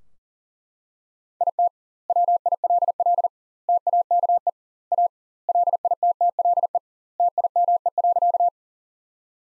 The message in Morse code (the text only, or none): IT WILL TAKE A LITTLE TIME.